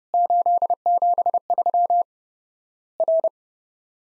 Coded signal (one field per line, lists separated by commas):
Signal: Morse code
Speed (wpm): 32 wpm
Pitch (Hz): 700 Hz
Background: none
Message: 873 R